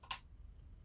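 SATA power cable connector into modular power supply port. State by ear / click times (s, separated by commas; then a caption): seated / 0.1 s. A SATA power cable's plastic connector, with its clip, is pushed into the notch of a modular power supply port. A faint tick at 0.0 s is followed by a sharp, bright click at 0.1 s as the connector latches, then only low background noise. The cable is seated in the power supply.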